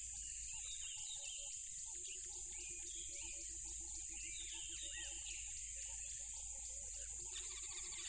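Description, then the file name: Crickets ring steadily at high pitch while a low pulsed trill runs through the middle and scattered chirps come and go. Loud crickets by a tropical river. "smartsound ATMO NATURE Tropical River Loud Crickets"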